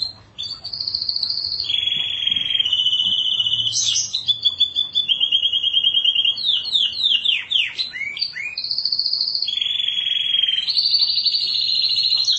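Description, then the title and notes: Canary song: long rapid trills and buzzy rolled phrases around high pitch, broken by a run of quick descending sweeps, then steady rattling tours continuing to the end. "Suara Burung Kenari"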